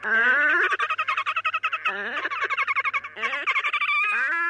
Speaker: Red-necked grebes bray raucously in a courtship display.